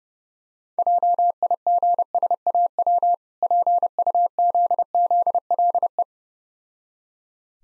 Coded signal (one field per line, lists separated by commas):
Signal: Morse code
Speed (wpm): 30 wpm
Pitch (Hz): 700 Hz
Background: none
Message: JIGSAW PUZZLE